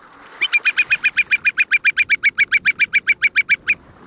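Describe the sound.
Whimbrel giving a rapid rippling series of many identical whistled notes, evenly spaced and steady in pitch, lasting a little over three seconds.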